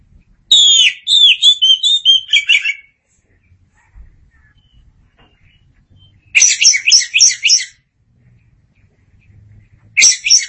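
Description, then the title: Oriental magpie-robin song: bright whistled and buzzy phrases high in pitch, delivered in three bursts separated by silent pauses. "Suara Kicauan Burung Kacer Durasi Panjang"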